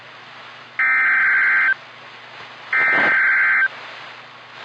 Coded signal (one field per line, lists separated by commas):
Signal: Emergency Alert System (SAME) tones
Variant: header bursts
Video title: EAS #51 - Tornado Warning for my county (3/18/2021)